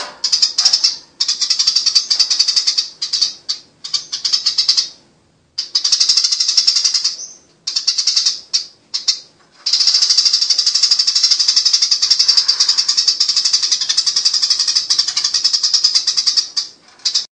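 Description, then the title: Eurasian tree sparrow song: fast, high, tightly packed chirping in long bursts separated by short gaps, ending in an unbroken stretch of busy chatter. Eurasian tree sparrow in lively, vocal form ('gacor') giving a long continuous rolling chatter ('ngerol panjang'). "Burung Master : Burung Gereja Gacor Ngerol Panjang"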